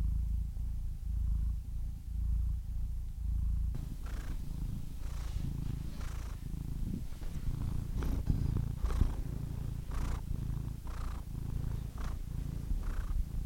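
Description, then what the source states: Domestic cat purring, a low rumble that shifts after a few seconds into clearer breath-paced pulses. Compilation of many domestic cats, from kittens to old cats, with varied meow styles from faint squeaks to full meows.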